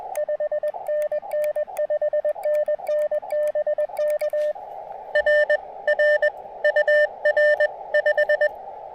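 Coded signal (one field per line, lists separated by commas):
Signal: Morse code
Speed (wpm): 21 wpm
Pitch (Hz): 600 Hz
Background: radio noise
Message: 5NN 5NN BK R R UR 5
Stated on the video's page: QRP CW during an evening POTA activation on 80 meters, Elecraft KX2 with Chelegance MC-750 antenna and its 80-meter coil.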